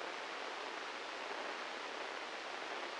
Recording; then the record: brain microelectrode recording played as sound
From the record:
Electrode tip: inside the subthalamic nucleus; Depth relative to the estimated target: 4 mm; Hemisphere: right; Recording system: NeuroSet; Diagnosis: Parkinson's disease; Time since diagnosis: 9 years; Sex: male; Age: 56 years